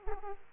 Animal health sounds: mosquito wingbeat signal from an infrared sensor; Aedes aegypti

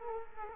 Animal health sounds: mosquito wingbeat signal from an infrared sensor; Culex quinquefasciatus

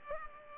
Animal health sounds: mosquito wingbeat signal from an infrared sensor; Culex pipiens

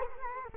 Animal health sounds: mosquito wingbeat signal from an infrared sensor; Culex quinquefasciatus

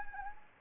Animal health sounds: mosquito wingbeat signal from an infrared sensor; Anopheles gambiae

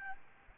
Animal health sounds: mosquito wingbeat signal from an infrared sensor; Aedes albopictus

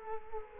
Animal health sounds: mosquito wingbeat signal from an infrared sensor; Culex quinquefasciatus

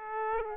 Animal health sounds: mosquito wingbeat signal from an infrared sensor; Aedes aegypti

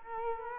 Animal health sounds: mosquito wingbeat signal from an infrared sensor; Culex quinquefasciatus

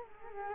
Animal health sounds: mosquito wingbeat signal from an infrared sensor; Culex quinquefasciatus

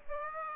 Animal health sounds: mosquito wingbeat signal from an infrared sensor; Aedes aegypti

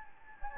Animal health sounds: mosquito wingbeat signal from an infrared sensor; Anopheles gambiae

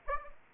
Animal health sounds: mosquito wingbeat signal from an infrared sensor; Aedes aegypti

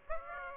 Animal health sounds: mosquito wingbeat signal from an infrared sensor; Aedes aegypti

